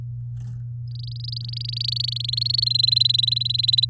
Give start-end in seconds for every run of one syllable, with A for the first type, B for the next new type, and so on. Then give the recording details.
0.87-2.64 A, 2.66-3.85 B. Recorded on 9 May 2018 at 13:45. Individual llb16